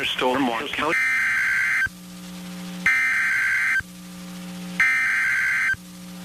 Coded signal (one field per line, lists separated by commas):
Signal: Emergency Alert System (SAME) tones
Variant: header bursts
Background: speech